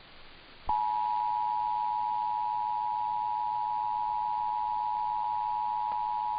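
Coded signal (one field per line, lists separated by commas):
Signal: Emergency Alert System (SAME) tones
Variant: 853 and 960 Hz attention tone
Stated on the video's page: Nevada required monthly tests plus automatic required weekly tests from KLOS and KLLI.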